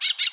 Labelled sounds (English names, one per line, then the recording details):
Brown-throated Parakeet contact call
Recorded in Bonaire
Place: roosting area just N of Seru Largu
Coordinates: 12.199, -68.277